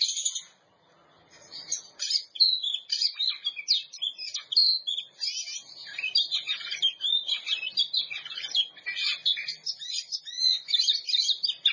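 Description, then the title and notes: Oriental magpie-robin song, a long continuous outpouring of high, rapid, twittering and whistled notes after a brief quiet start. Champion singing bird. "Kicau Burung Kacer Juara. Suara Kicauan Burung Kacer Juara"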